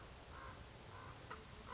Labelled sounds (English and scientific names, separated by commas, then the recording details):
Common Raven (Corvus corax)
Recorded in Sonoma County, California